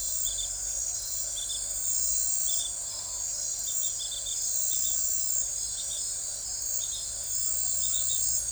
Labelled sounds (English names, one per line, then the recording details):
none
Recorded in forest near Pivijay, Magdalena, Colombia, on 3 June 2023 at 21:30
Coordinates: 10.467, -74.380
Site Z5-G034